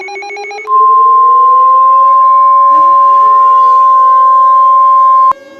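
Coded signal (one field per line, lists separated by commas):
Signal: Emergency Alert System (SAME) tones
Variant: 1050 Hz attention tone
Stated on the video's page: Mock alert about a fictional attack; reupload includes the end-of-message burst.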